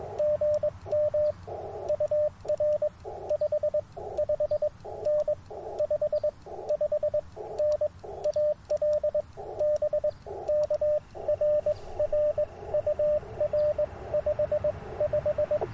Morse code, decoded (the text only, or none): GM UR 55N 55N AL BK R R UR 55